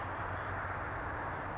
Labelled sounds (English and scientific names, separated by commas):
California Towhee (Melozone crissalis)